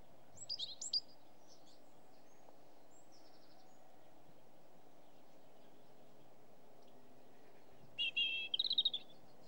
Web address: BBC Sound Effects Library BBC - Animals and Birds Robin's Song